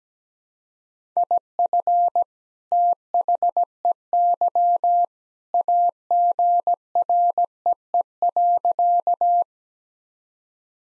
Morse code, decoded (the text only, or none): IF THEY AGREE.